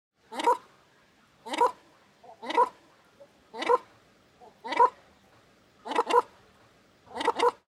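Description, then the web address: Baikal teal calls, short harsh clucking notes repeated about once a second, some given as quick doubles, with quiet pauses between. "tomoegamo"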